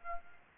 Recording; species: mosquito wingbeat signal from an infrared sensor; Aedes aegypti